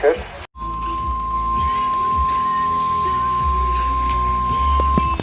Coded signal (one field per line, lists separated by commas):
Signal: Emergency Alert System (SAME) tones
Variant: 1050 Hz attention tone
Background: speech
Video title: EAS 106-128: FIRST TIME TORNADO WARNING ON MY WEATHER RADIO (+Alert Ready TORNADO WARNING)